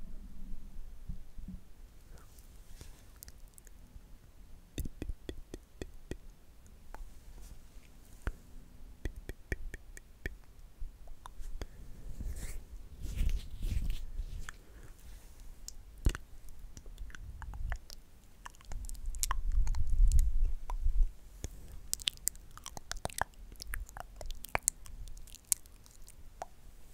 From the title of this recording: ASMR INTENSE MOUTH SOUNDS